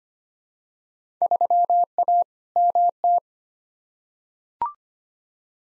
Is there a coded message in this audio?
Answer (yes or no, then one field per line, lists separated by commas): yes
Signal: Morse code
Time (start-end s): 1.2-3.2 s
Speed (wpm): 25 wpm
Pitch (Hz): 700 Hz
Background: none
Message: 3A MT